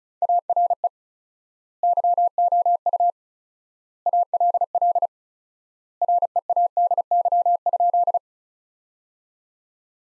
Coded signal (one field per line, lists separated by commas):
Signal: Morse code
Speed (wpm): 36 wpm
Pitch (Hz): 700 Hz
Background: none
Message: ARE YOU ALL READY?